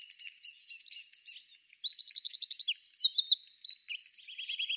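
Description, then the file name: Eurasian wren song: a loud, rushing sequence of piercing high notes and rapid machine-gun trills, delivered without a break. "Troglodytes troglodytes"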